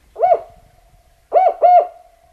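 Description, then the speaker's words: Spotted Owl hoots: one hoot, a pause, then two quick hoots in a row, each trailing into a thin steady tone. Endangered spotted owls are surveyed by playing recorded owl calls and waiting for a response. "current method of surveying for endangered spotted owls involves playing recorded owl calls and waiting for a response."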